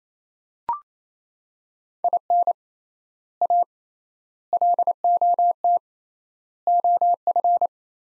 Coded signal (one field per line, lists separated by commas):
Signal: Morse code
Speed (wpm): 28 wpm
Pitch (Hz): 700 Hz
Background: none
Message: IN A LOT OF